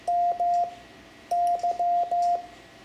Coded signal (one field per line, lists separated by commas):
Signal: Morse code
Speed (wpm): 15 wpm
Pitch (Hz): 700 Hz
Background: radio noise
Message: MY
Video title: Learning CW for Ham Radio (Lesson 10) Morse Code punctuation, Amateur Radio